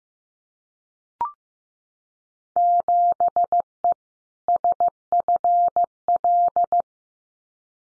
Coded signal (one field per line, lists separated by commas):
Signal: Morse code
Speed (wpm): 15 wpm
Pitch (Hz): 700 Hz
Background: none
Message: 7E SFL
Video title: Field Day Exchange Encore 15wpm